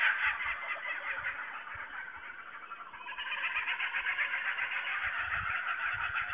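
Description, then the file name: Kookaburras giving a continuous rolling laugh, fast repeated harsh chuckles from several birds overlapping throughout. Several kookaburras recorded in Australia on 19 March 2009. "AUS 090319 Kookaburras"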